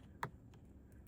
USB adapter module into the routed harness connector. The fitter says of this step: You'll hear it click into place, and it's got power.